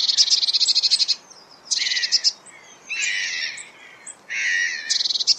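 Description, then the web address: Eurasian blue tit scolding with dense, buzzy churring rattles in four bursts, some mixed with harsher lower notes, separated by brief pauses. "Deverinetal 2025 File origin Bird Only Cy Ca"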